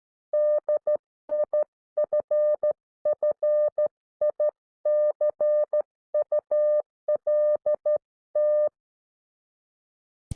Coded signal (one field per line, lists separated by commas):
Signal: Morse code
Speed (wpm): 13 wpm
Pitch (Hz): 600 Hz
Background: none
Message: DIFFICULT